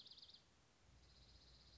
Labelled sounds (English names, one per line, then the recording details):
Dark-eyed Junco
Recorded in Sonoma County, California